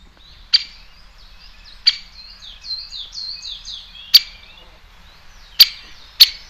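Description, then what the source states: Great spotted woodpecker calls: sharp, loud single notes at irregular intervals, with a faint twittering of another bird in between. Played back; the bird calls (screeches) instead of the expected drumming; a common species, more frequent than the white-backed woodpecker.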